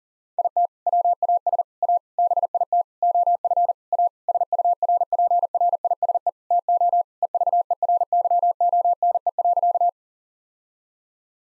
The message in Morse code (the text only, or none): IT WAS A BIT OF A SURPRISE TO EVERYONE.